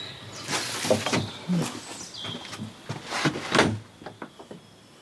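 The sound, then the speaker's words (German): A dacha door, unlocked with the key still in the lock on the inside, is opened with a series of sharp clicks and knocks from the latch, a thin high squeak drawn out in the middle, then a few softer taps as it settles. “Du Zuckerstückchen, die Tür ist offen.”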